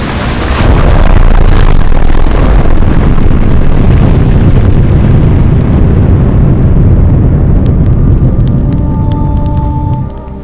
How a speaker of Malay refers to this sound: Akhirnya, letupan besar mengakhiri segalanya.